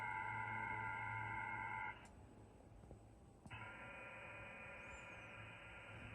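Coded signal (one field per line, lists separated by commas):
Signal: HF data modem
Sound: steady three-tone chord over a wide hiss band, a short pause, then it resumes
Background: radio static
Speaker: okay on the screen you can see that we're connected to A7 L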